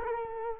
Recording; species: mosquito wingbeat signal from an infrared sensor; Culex quinquefasciatus